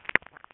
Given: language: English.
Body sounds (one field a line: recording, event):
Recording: throat vibration sensor signal played as sound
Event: swallow